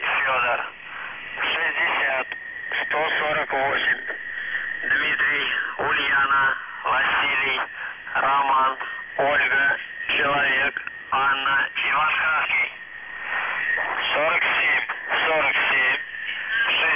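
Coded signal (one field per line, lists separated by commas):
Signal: coded military voice message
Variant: UVB-76, Russian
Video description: Callsign: ANVF (АНВФ) Message text: 60 148 DUVROChAJ (ДУВРОЧАЙ) 47 47 68 31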